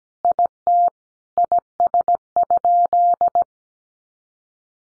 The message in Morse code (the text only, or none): IT IS?